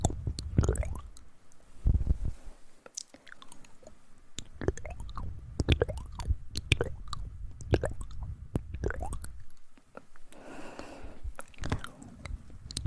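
Tingly mouth sounds fill the clip: wet clicks, smacks and squishy chewing-like noises popping in quick, irregular bursts throughout. Low, soft breathy murmurs sit underneath, and a brief airy whisper-like stretch appears around ten to eleven seconds.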